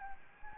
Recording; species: mosquito wingbeat signal from an infrared sensor; Anopheles gambiae